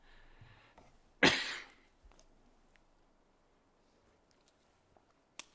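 A single cough from an adult, heard during a sermon.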